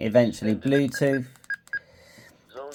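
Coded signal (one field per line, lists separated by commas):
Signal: none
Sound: a radio's keypress beeps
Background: speech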